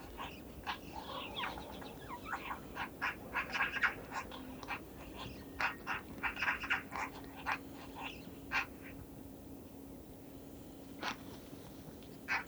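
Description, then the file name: Eurasian magpie giving harsh, scratchy calls in an uneven series, bunched densely between one and seven seconds, then spaced out, over a steady low hum. "Pica pica"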